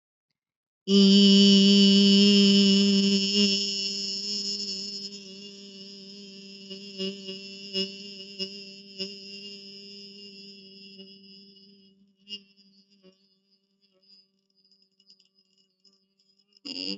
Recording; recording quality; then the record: sustained vowel as in beet; excellent, no background noise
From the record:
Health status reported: healthy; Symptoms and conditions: none ticked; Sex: female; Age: 48 years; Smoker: not ticked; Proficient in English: yes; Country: India